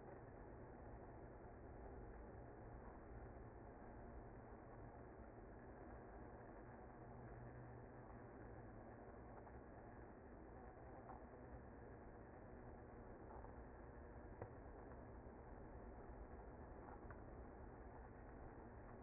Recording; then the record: honeybee colony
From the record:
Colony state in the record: active